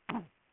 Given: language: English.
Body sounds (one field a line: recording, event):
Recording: throat vibration sensor signal played as sound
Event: throat clearing